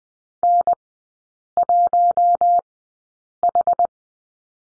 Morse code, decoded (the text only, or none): N1H